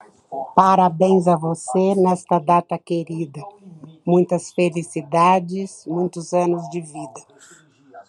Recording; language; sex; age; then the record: short text; Brazilian Portuguese; female; 60 to 69 years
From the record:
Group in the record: control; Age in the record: 69 years